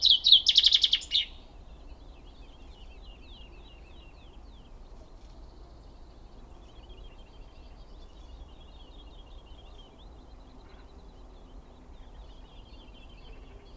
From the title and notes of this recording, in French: Plateau de Lesches en diois - Drôme - Nagra BB+ - couple cardio mkh40. Enfin le redoux est là et les premiers chants d'oiseaux commencent à s'installer dans le paysage. Cette nuit, j'ai laissé mes micros près d'un petit bois de pins sylvestres.